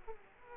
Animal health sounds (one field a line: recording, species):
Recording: mosquito wingbeat signal from an infrared sensor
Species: Aedes aegypti